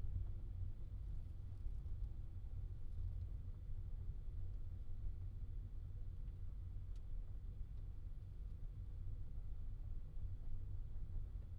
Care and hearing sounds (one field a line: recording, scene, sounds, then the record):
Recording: everyday scene through a hearing-aid microphone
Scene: in a vehicle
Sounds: engine, rumble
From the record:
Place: Skoda Fabia, gasoline engine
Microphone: in the ear canal, left